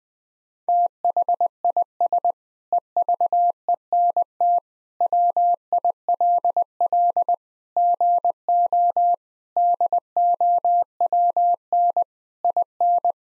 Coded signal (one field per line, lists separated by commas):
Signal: Morse code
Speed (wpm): 21 wpm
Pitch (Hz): 700 Hz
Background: none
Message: THIS EVENT WILL GO DOWN IN